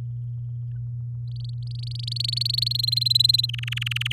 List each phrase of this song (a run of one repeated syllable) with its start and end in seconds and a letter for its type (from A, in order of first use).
1.28-2.68 A, 2.71-3.46 B, 3.49-4.13 C